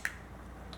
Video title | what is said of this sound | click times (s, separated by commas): Daiwa Procaster PMF-1000 drag washer replacement and reel service | You hear click together? | 0.1 s